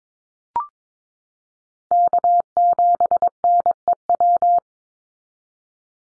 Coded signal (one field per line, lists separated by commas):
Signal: Morse code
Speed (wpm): 22 wpm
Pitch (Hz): 700 Hz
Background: none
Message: K7NEW